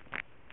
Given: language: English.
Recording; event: throat vibration sensor signal played as sound; swallow